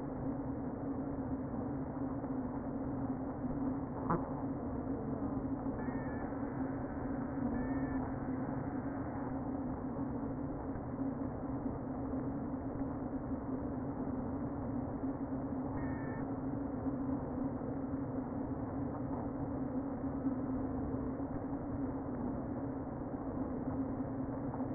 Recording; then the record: honeybee colony, microphone inside the hive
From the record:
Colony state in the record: queen present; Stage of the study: before two queens were removed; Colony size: about 60,000 bees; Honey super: yes